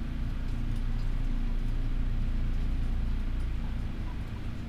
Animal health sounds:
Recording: poultry house recording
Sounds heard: healthy chickens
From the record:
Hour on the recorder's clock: 12

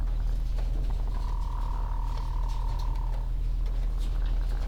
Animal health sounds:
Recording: poultry house recording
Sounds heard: sick chickens (respiratory disease)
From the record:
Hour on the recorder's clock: 17

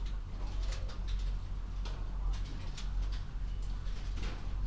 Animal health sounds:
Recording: poultry house recording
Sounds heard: healthy chickens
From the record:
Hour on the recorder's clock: 21

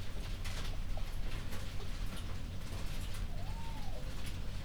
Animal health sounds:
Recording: poultry house recording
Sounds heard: healthy chickens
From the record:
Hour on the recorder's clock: 21

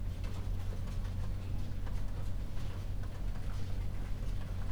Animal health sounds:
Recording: poultry house recording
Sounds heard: no chicken sound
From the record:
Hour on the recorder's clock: 22

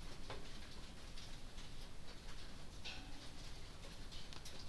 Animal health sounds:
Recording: poultry house recording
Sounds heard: no chicken sound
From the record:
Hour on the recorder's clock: 23

